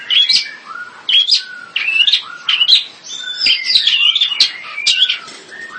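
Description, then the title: Long-tailed shrike singing a varied medley of scratchy phrases and clear downslurred whistles, delivered in quick uneven bursts with short gaps. "Kicau Burung Pentet"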